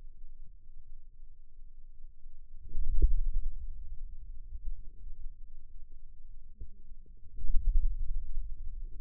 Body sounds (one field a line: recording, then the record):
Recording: forearm muscle sounds (acoustic myography)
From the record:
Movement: pen grasping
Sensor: system 2, bracelet of six BSWA MPA416 microphones around the upper forearm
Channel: 2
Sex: male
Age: 22 years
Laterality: right